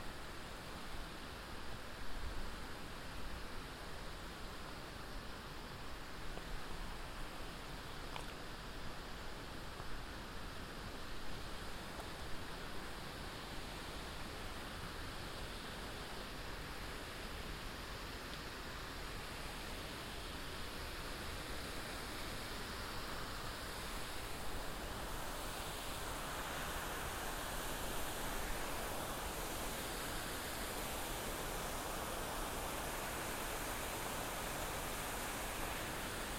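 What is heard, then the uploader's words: Steady, dense wind noise rushes over the microphones for the whole stretch, loud and even, with a faint brighter hiss running high above. A binaural field recording of hiking the Curecanti Creek Trail near Black Canyon of the Gunnison. The recording starts near the Curecanti Needle, a 700 ft granite spire, and continues as we walked the two mile back up the ravine to the Pioneer Point overlook. It is a strenuous hike with plenty of wind noise.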